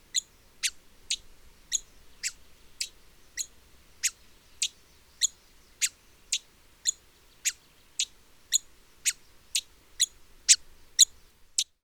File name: Hooded visorbearer